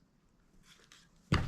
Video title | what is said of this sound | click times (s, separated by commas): Neptune Concealment Holster Review For the XDM ELITE 3.8 10MM | You definitely get a click with this. | 1.3 s